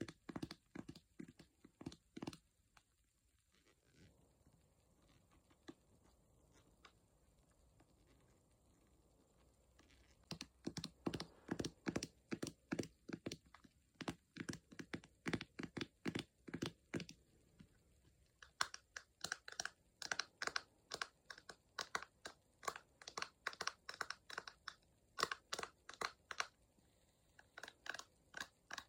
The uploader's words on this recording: ASMR taping et autre.